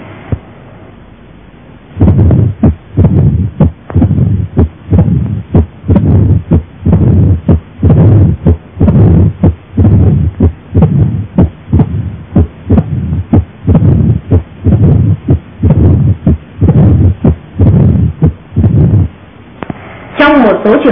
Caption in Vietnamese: Tiếng rung tâm chương ở các cường độ khác nhau. Thường gặp trong hẹp hai lá, nghe rõ ở mòm tim.